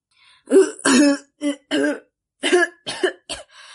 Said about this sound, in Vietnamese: Sư … phải ho trước đã, ho xong mới nói.